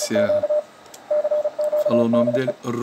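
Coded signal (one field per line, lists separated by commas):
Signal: Morse code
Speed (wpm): 37 wpm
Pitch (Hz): 600 Hz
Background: speech, radio noise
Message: Q CQ DE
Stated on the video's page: DX CW on the 20 m band.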